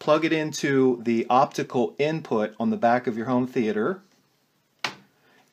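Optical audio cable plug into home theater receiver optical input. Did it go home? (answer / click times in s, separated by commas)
yes / 4.8 s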